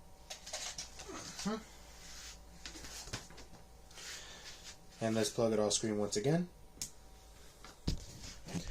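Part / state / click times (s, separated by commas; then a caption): microphone audio plug into device jack socket / seated / 7.9 s. A microphone's male audio jack is plugged into the female jack socket of a device while someone talks. It seats with a sharp click at 7.9 seconds.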